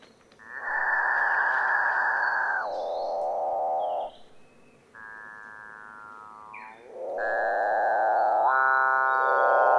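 Capuchinbird calling repeatedly, with long mooing, harmonic drones broken by rough grating sections, plus brief high squeaky notes in the background.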